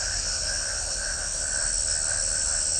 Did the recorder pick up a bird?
no